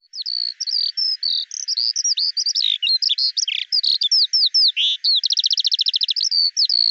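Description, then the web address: Eurasian skylark song: a continuous rapid stream of varied chirps and slurred whistles, with a fast rattling run of repeated notes near the end. "Deverinetal 2025 File cleaned normalized Bird Al Ar"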